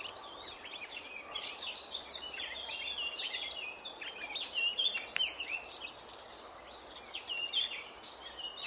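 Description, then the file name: Eurasian blackcap: busy stream of high chirps and short warbling phrases over steady outdoor noise. "Sylvia atricapilla"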